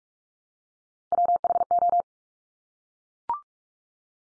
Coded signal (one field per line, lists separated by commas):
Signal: Morse code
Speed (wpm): 44 wpm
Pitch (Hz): 700 Hz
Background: none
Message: WHO